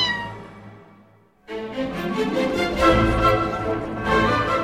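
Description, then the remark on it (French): A cat meows loudly in drawn-out, wavering cries after a brief fading tone and a short pause, with no talking. “Non, ça c'est un chat, hein, pas un serpent.”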